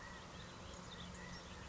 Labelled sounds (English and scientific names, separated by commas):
California Quail (Callipepla californica)